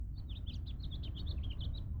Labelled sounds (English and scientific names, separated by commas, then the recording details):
House Finch (Haemorhous mexicanus) song
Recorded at Oceanside on Long Island, New York, on 17 June 1975
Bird A